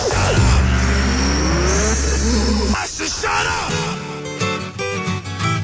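In a radio advertisement for Bliss Autosport, race car number 12 turns into the pit lane: a loud engine roars steadily, then drops off and rises again in a series of revving, whining gear changes as the car slows and pulls in.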